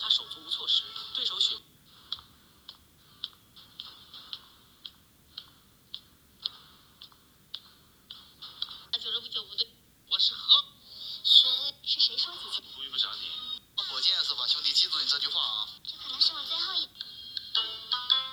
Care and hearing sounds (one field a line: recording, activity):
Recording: daily activity, guitar pickup as the sensor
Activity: browse video